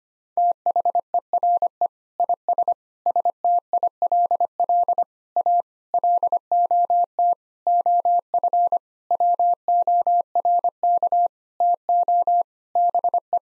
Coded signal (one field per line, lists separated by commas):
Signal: Morse code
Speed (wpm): 25 wpm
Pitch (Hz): 700 Hz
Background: none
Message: THERE IS STILL A LOT OF WORK TO BE